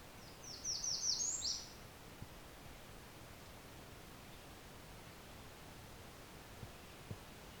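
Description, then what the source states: Blackburnian warbler song: a very high, thin burst of quick sibilant notes lasting just over a second, ending on a higher note, over steady background hiss. Song variant with a downward inflection, from a bird singing on its own.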